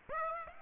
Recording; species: mosquito wingbeat signal from an infrared sensor; Aedes aegypti